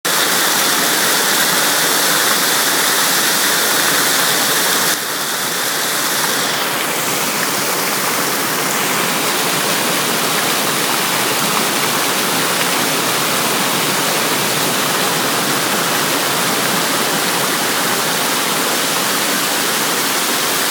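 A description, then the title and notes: A fountain splashes steadily and densely, a bright rushing wash of falling water with no pauses. Around the five-second mark the sound shifts slightly, and a faint sweeping tone, possibly a passing aircraft or vehicle, drifts through shortly after. Brunnen at Volkspark Friedrichshain.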